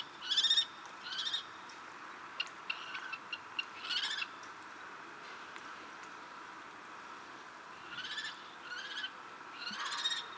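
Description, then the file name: Common kestrel giving harsh, scratchy screeching calls in short bursts, with longer gaps of quiet between groups and a faint steady background hiss. "Tornfalk"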